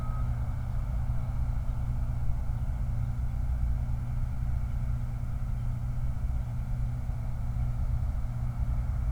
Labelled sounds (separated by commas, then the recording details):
truck
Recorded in the Prudhoe Bay oil fields, Alaska, on 29 July 2019 at 03:58
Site 29